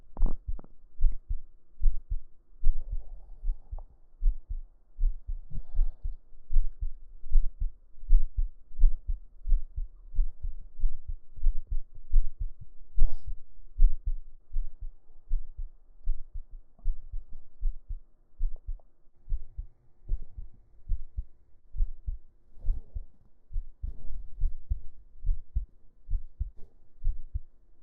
Laying on chest under shirt heartbeat.